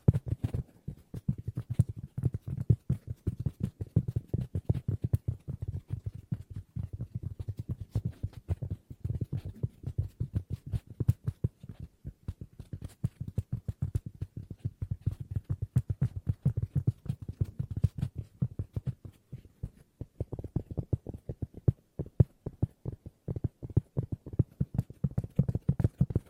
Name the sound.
Tapping No Talking Fast & Soothing